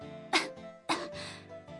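Two short, sharp coughs about half a second apart, acted by an adult woman portraying a character who has caught a cold and has a sore throat.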